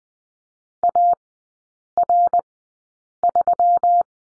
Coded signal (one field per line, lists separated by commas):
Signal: Morse code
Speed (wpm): 20 wpm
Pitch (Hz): 700 Hz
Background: none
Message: AR3